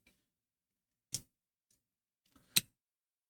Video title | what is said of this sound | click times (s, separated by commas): Fanhome Optimus Prime Box 3 Stages 7-10 | And that's just going to pop right onto this stud right here. | 2.6 s